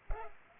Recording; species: mosquito wingbeat signal from an infrared sensor; Culex pipiens